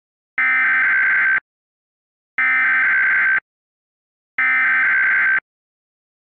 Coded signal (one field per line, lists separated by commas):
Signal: Emergency Alert System (SAME) tones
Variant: header bursts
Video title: Enough Is Enough (An EAS/Analog Horror Mock)